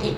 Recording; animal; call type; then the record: contact call of a hoofed animal; pig; closed-mouth grunt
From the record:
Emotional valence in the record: positive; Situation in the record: food and toys in familiar pen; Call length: 0.18 s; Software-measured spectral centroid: 2060 Hz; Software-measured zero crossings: 1810 a second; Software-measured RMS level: -25 dBFS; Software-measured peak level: -12 dBFS